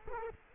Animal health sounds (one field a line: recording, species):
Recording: mosquito wingbeat signal from an infrared sensor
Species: Culex quinquefasciatus